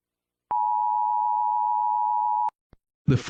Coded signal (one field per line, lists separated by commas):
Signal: Emergency Alert System (SAME) tones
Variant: 853 and 960 Hz attention tone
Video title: EAS Short Scenario 13 - The Garden Goes Decay